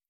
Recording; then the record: hydrophone in a shrimp aquaculture tank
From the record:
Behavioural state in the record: stressed